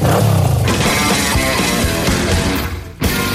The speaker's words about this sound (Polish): Jadąc Harley'em Davidsonem palił gumę przez 4,5 km.